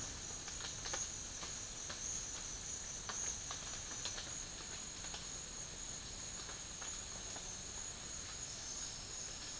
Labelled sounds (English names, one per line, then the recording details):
none
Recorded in dense forest near Puerto Asís, Putumayo, Colombia, on 12 March 2025 at 10:30
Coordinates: 0.484, -76.325
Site G045